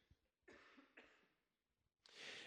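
Three abrupt, harsh cough bursts from an adult man within about two seconds, in a quiet room, picked up on a handheld microphone.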